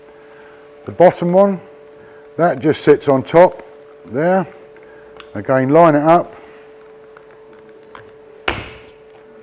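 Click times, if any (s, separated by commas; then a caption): 8.5 s. A lower plastic trim piece is lined up on a vehicle seat and struck to knock it into place, with the seat re-trim kit from Exmoor Trim for a Discovery. Someone talks, then a few small taps are followed by a loud, sharp hit at 8.5 s as the trim piece seats.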